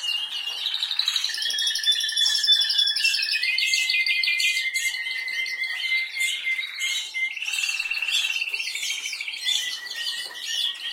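Canary song, a long run of high, varied phrases: buzzy rolled trills, sustained whistled notes and rapid chattering tours with no break.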